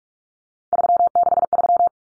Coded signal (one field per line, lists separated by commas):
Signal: Morse code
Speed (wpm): 44 wpm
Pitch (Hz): 700 Hz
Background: none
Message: 363